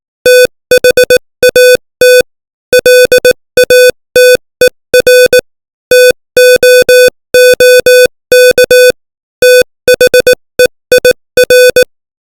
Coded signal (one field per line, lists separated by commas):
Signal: Morse code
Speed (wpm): 18 wpm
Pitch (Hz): 500 Hz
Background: music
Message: THAT LATER TOOK THEIR